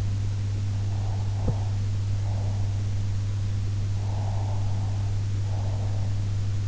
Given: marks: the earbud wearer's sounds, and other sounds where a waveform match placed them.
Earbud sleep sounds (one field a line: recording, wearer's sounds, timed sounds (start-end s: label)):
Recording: sounds in sleep by an in-ear microphone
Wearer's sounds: breath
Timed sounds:
0.74-2.94 s: breath
3.71-6.25 s: breath